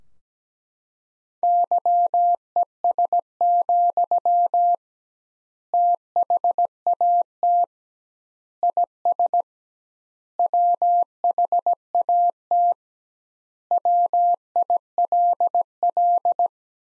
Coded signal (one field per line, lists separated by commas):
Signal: Morse code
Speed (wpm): 17 wpm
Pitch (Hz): 700 Hz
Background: none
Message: YES, THAT IS WHAT WILL